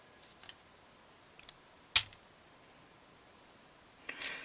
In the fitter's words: That will soft click into place.